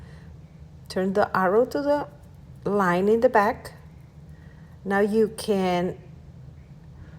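During a smart key lock reset, a key is handled at the lock cylinder while someone talks in three short bursts over a low, steady background hum. Nothing has seated or clicked yet; the key is not pushed home into the cylinder before the clip ends.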